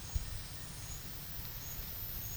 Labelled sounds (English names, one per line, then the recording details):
none
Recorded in secondary vegetation near Puerto Asís, Putumayo, Colombia, on 4 March 2025 at 10:30
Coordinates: 0.498, -76.327
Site G001